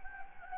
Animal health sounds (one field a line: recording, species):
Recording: mosquito wingbeat signal from an infrared sensor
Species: Anopheles gambiae